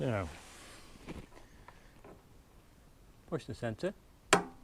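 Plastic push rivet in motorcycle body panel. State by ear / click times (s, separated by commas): released / 4.3 s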